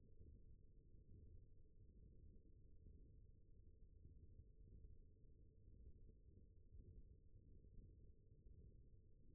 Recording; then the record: forearm muscle sounds (acoustic myography)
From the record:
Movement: thumb flexion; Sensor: system 1, eight BSWA MPA416 microphones around the upper forearm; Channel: 3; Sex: male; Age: 21 years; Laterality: right